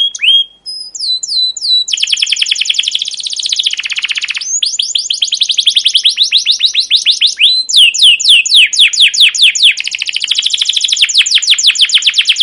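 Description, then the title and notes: Canary song of almost unbroken rapid trills with sharp sweeping chirps, varying in speed and pitch throughout. Long emotive chirping 'ngerol' canary song with 'cuit cuit' notes, used as a lure and master recording for young canaries learning to sing. "CUIT CUIT NGEROL LANGSUNG GACOR PANJANG Kenari Ini Utk Pancingan KENAR. PANCINGAN Kenari GACOR PANJANG Cuit CUIT EMOSI ini utk MASTERAN Kenari PAUD belajar BUNYI. burung kenari"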